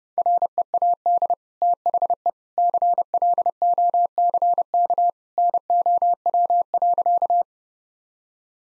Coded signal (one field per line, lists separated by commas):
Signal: Morse code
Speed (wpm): 30 wpm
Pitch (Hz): 700 Hz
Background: none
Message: READ THE CLOCK NOW.